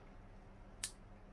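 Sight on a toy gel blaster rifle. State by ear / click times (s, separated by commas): seated / 0.8 s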